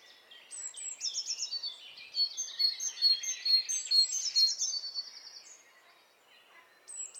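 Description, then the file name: Great tit giving a rapid run of high, sharp chirps and slurred notes, fading out near the end before a final brief call. "Parus major"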